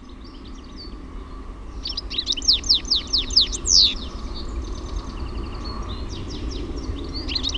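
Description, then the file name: European goldfinch song: bright twittering notes building into a fast run of sharp downslurred chirps, followed by softer buzzy trills and scattered tinkling notes. "TIKLI"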